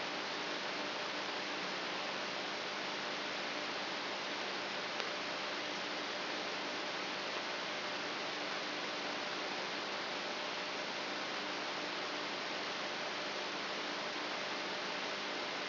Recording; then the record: brain microelectrode recording played as sound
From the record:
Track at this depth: inside the subthalamic nucleus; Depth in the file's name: 7.043 mm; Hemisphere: left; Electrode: 3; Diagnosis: Parkinson's disease